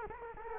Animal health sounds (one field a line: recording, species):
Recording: mosquito wingbeat signal from an infrared sensor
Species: Culex quinquefasciatus